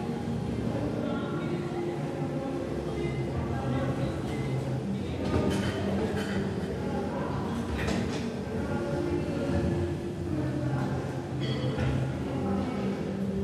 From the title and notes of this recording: Iron Beats and Treadmill Rythm - Energizing and Soothing Ambiance of a Gym. Weight clinks and treadmill swooshes create a unique ambience, offering a sense of calm amidst the hustle.